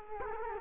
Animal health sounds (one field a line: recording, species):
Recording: mosquito wingbeat signal from an infrared sensor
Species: Culex quinquefasciatus